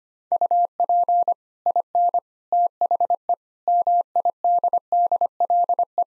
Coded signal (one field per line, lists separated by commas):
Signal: Morse code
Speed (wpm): 25 wpm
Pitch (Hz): 700 Hz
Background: none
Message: UP IN THE MIDDLE